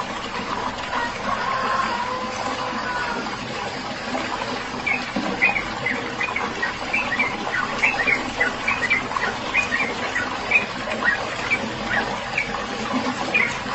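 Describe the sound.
Bird chirping begins midway, a run of sharp repeated notes continuing to the end, over constant hissing noise.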